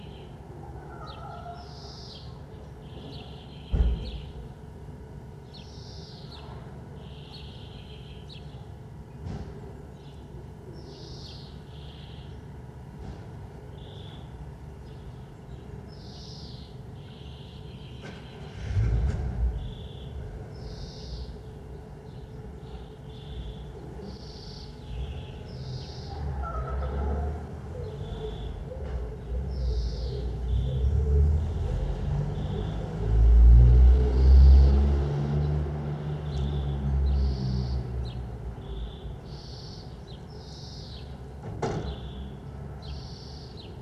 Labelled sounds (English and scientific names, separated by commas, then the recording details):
Corsac Fox (Vulpes corsac) barking
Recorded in captivity
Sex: male
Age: adult
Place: Zoologisches Institut der HUB, Berlin, DE
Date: 1966-04-30 11:45
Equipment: Qualiton, GDM 121, Transistorverstärker
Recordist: Tembrock, Günter